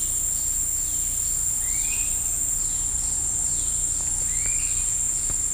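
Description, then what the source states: Insects buzz steadily and shrilly; two upslurred bird whistles and a few faint ticks punctuate the drone. Bugs heard with birds in the woods of Costa Rica.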